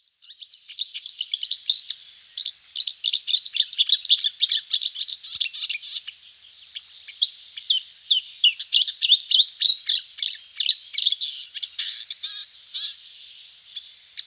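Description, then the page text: Marsh warbler song: hurried, scratchy warbling mixing high whistles, trills and clicks in a steady torrent, with only short breaks. "Marsh Warbler Song. Quick Sounds"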